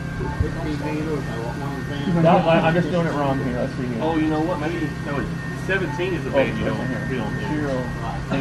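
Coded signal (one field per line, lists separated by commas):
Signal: FT8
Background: speech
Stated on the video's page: Sent during Winter Field Day amateur radio contest, operated outdoors.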